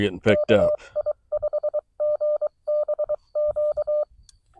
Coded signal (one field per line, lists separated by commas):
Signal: Morse code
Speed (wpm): 24 wpm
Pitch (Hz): 600 Hz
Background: speech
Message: KI5GBQ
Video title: Morse Code POTA Activation 9/24/24